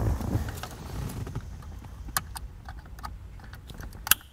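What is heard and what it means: The harness connector is pushed into the socket on the bottom of a Tekonsha Prodigy P3 trailer brake controller being installed on a 2021 Ford F-150. Low handling rustle and several small plastic ticks come first, then a sharp, loud snap at 4.1 s as the connector seats.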